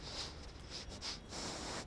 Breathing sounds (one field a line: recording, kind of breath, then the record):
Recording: one breath in and out by a microphone near the nose and mouth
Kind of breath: strong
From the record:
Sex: male